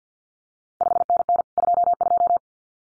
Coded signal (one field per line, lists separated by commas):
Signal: Morse code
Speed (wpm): 50 wpm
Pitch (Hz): 700 Hz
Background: none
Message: 5NN 22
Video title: CQ WW DX Contest Exchange Encore 50wpm